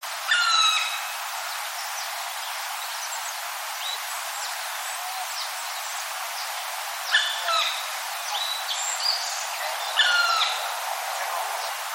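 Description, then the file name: Black woodpecker calls: three short, ringing harmonic notes at the start, near seven seconds, and near ten seconds, over a steady background hiss. "kumagera"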